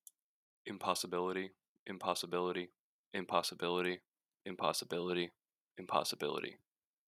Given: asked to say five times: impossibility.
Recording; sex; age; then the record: repeated word; male; 20 to 29 years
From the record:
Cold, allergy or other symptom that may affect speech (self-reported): no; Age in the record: 23 years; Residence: New Hampshire, United States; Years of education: 17